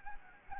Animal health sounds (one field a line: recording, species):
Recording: mosquito wingbeat signal from an infrared sensor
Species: Anopheles gambiae